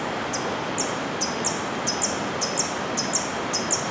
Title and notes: COLIBRI. Paisaje sonoro , Boquete chiriqui , grabación en horas de la tarde